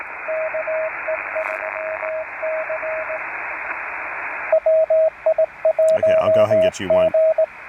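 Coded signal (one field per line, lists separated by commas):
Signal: Morse code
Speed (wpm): 21 wpm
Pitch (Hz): 620 Hz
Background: speech, radio noise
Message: KE3C WI1G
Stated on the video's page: QRPp CW POTA park activation at one-tenth of a watt, Elecraft K2, 40m homebrew EFHW, Begali Traveler paddle or bug emulator.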